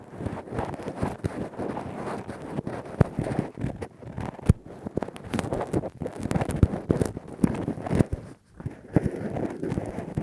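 Rough, deep ear cleaning with a Q-tip and ear pick: dense scraping and rubbing runs almost without pause, thick in the low and middle range. Sharp clicks and pops cut through irregularly, with one brief lull just after eight seconds.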